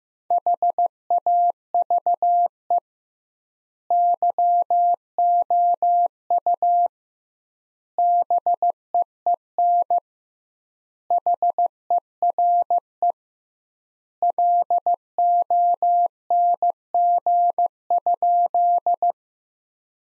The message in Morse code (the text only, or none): HAVE YOU BEEN HERE LONG?